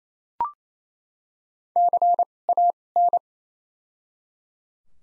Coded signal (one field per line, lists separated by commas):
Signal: Morse code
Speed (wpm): 28 wpm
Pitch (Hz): 700 Hz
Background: none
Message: C A N